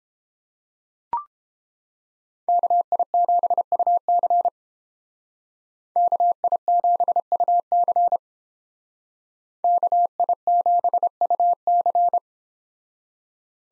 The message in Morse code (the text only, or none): KI7UC KI7UC KI7UC